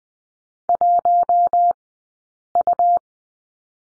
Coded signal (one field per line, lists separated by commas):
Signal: Morse code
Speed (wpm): 20 wpm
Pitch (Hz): 700 Hz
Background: none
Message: 1U